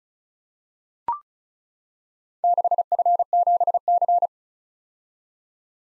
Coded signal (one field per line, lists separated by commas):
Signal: Morse code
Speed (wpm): 36 wpm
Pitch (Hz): 700 Hz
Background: none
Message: 6F7C